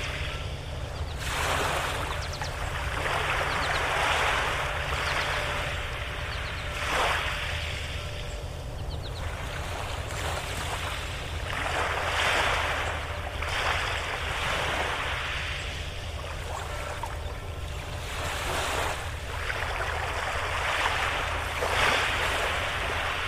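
Water sloshes against a dock, with bright splashing washes surging in every two to four seconds and easing off between. A steady low rumble, like an engine or boat, runs underneath the whole time, keeping the overall level fairly even.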